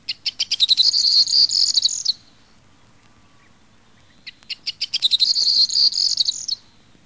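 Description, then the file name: Corn bunting singing two phrases of quick ticking notes building into a bright, jingling rattle, separated by a short silent gap of about two seconds. "STRILLOZZO"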